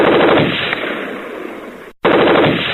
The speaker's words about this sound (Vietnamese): Cận hạ lệnh cho Mon nổ súng nhắm trúng thằng Cam Cơ. Nòng tiểu liên của Mon nảy bật trên cái thiết bị bắn.